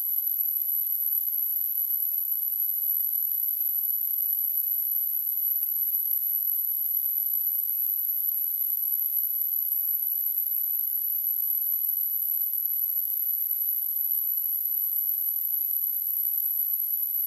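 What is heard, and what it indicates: Simulated tinnitus: a steady, continuous very high-pitched tone, around 11 kHz, over a faint high-frequency hiss.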